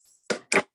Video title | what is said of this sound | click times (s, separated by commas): Evelyn's Pampered Chef Zoom Party | You also can use this and this can, it locks in place that way. | 0.3 s